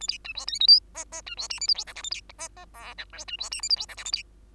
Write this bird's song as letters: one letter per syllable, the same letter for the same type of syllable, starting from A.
A B C D E F G H H C D I J K L M N A B H H O P Q C D I J K L M N A B